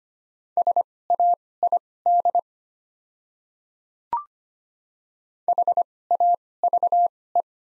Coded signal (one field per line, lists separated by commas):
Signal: Morse code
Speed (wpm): 25 wpm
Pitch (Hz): 700 Hz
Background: none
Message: SAID HAVE